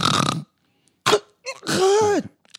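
Adult woman imitating her husband's snoring with rough, throaty snorting bursts. His snoring continues through the mouth guard he wears in bed and keeps her awake even with earplugs. It is worse when he is exhausted, has been drinking or has smoked marijuana. He has never been diagnosed with sleep apnea.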